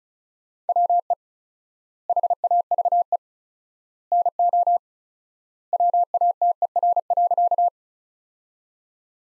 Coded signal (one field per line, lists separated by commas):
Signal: Morse code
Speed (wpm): 36 wpm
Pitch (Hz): 700 Hz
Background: none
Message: WE HAVE NO WATER.